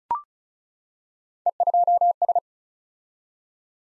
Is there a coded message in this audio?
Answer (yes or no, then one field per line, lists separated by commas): yes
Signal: Morse code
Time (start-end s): 1.5-2.4 s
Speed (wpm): 36 wpm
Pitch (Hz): 700 Hz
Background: none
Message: E2S